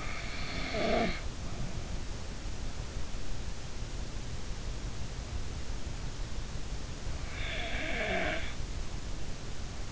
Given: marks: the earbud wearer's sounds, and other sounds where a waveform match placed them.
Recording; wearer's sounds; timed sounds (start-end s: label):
sounds in sleep by an in-ear microphone; snoring breath
0.00-1.32 s: snoring breath
7.43-8.50 s: snoring breath